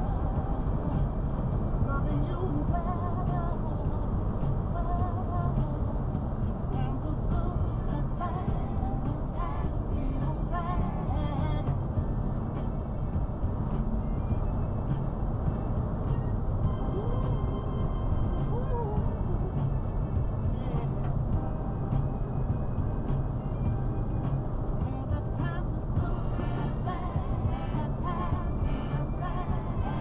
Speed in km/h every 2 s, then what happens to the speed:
92, 92, 89, 89, 89, 90, 90, 92, 92, 92, 92, 90, 90, 89, 87.
0-22 steady at about 90.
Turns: none.